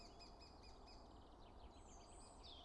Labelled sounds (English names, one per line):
Common Chaffinch